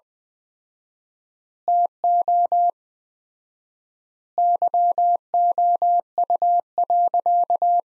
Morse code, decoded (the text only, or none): TO YOU.